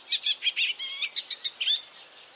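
Bird calls: a quick series of high chirps and a short harsh buzzy note, then sharp clipped chips, over a steady hiss of background noise.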